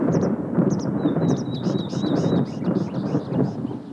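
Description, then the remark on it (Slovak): A deep, continuous rumble of thunder from an approaching storm rolls on for several seconds, heavy and low, while small birds chirp in short, high bursts above it, in a scene from Bambi. “Blíži sa búrka, Bambi.”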